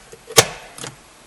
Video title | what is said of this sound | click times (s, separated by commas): How To Replace Air Filter 2008-2013 Toyota Highlander | and you'll hear it snap in | 0.4 s